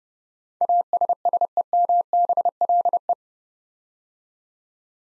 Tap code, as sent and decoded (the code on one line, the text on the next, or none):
none